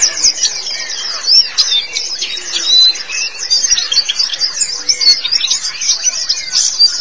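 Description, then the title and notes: White-eye song: a dense, continuous stream of high, thin twittering and rapid chirps, unbroken throughout. "Kicauan Burung Pleci Durasi Panjang. Suara kicauan burung pleci"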